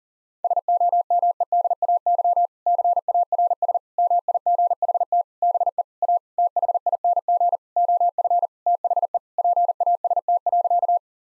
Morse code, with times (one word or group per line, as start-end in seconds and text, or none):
0.4-2.5 SOMEDAY
2.7-3.8 CARS
4.0-5.2 MIGHT
5.4-5.8 BE
6.0-6.2 A
6.4-7.6 THING
7.8-8.5 OF
8.7-9.2 THE
9.4-11.0 PAST.